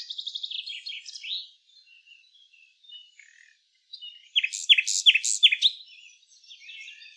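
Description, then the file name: Nightingale singing: a twittering phrase, a quiet pause with soft notes, then a short loud series of sharp repeated notes. "Luscinia megarhynchos"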